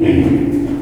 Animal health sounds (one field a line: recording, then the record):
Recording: squeal of a Yucatan mini pig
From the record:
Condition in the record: before surgery on the right vocal fold (resection and tissue-engineered implant)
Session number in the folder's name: 1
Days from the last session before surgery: -21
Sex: female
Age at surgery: 19 weeks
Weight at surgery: 25 kg